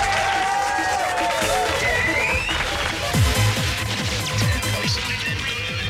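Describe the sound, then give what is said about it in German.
Audience applause on a radio show fills the whole clip as a steady, dense wash of clapping, mixed with crowd cheering and raised voices, staying loud throughout. “du kriegst einen Beifall.”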